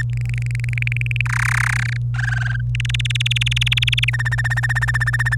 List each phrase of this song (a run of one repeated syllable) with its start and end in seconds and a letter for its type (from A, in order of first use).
0.00-0.02 A, 0.10-1.21 B, 1.25-1.97 C, 2.14-2.61 D, 2.75-4.10 E, 4.13-5.35 F